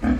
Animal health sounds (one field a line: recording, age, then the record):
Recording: pig call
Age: growing-finishing pig (85 days or more)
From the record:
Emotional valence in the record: negative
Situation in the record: barren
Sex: female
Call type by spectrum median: low-frequency call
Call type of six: low-frequency stable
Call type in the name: low-frequency stable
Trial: 3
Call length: 0.20 s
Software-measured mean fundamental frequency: 42 Hz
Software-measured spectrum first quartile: 163 Hz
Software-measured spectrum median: 258 Hz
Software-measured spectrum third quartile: 471 Hz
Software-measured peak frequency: 239 Hz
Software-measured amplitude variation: 134 dB a second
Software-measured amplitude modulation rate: 17.7 a second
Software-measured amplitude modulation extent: 7.6 dB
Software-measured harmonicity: 4.0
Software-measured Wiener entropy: -0.91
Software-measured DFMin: 461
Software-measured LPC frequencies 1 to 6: 245, 1618, 2295, 3187, 4180, 5034 Hz